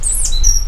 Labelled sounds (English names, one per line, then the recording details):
Stitchbird song
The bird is a male
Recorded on Tiritiri Matangi Island, New Zealand, in 2005
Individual 2, of nest box 2